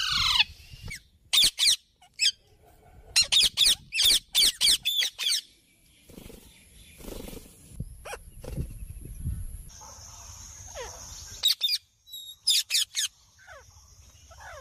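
Bird calls: clusters of sharp squeaky chips and squawks, a quieter middle stretch with low rumbling, then more scratchy notes toward the end.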